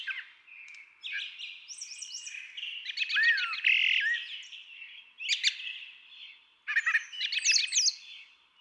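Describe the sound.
Brown Thrasher singing a nearly continuous run of varied phrases: buzzy trills, chirps and slurred whistles.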